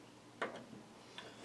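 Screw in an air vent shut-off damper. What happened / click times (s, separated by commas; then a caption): The screw slips instead of tightening / 0.4 s, 1.2 s. A screw in a stuck air vent shut-off damper is turned, giving ticking slips at 0.4 s and 1.2 s instead of tightening. The screw has stripped out.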